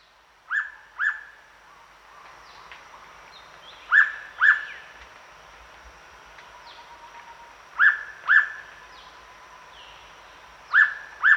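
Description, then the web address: Hooded pitta giving paired whistled notes, each pair repeated about every three to four seconds, four pairs in all, over faint insect hum. Recorded at Danum on 1 October 2007. "DANUM 20071001 hooded pitta"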